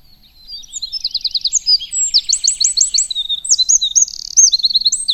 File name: Troglodytes troglodytes